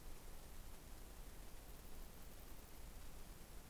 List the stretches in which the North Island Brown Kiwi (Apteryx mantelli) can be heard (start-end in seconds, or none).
none